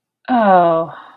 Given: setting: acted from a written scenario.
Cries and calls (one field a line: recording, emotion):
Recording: vocal sound without words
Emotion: disappointment